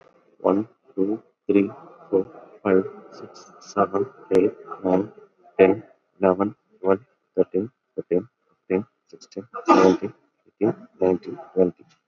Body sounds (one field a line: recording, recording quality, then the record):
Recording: counting at a normal pace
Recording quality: excellent, no background noise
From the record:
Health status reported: COVID-19 positive, mild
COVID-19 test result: positive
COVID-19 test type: RT-PCR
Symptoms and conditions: sore throat, fever, fatigue, muscle pain, diarrhoea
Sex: male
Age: 38 years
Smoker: yes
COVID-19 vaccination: both doses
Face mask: not worn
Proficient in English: yes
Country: India